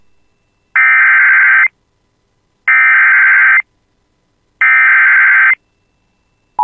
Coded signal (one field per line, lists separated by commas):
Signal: Emergency Alert System (SAME) tones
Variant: header bursts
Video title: [EAS] Severe Thunderstorm Warning from WXJ64 for Todd County (7/4/26)